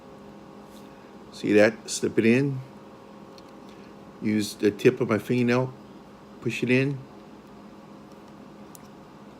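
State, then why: Seated. A micro SD card is pushed with a fingernail into the card slot of a Yi Lite action camera, and someone talks through most of the clip. A faint, sharp click at 8.8 s marks the card latching and seating in the slot.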